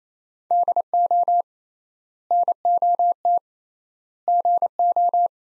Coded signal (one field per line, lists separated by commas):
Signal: Morse code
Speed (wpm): 27 wpm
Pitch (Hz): 700 Hz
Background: none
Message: DO NOT GO